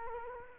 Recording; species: mosquito wingbeat signal from an infrared sensor; Culex quinquefasciatus